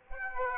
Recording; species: mosquito wingbeat signal from an infrared sensor; Aedes aegypti